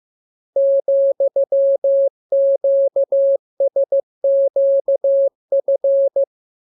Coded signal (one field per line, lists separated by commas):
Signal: Morse code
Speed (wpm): 15 wpm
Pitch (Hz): 550 Hz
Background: none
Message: ,QSQF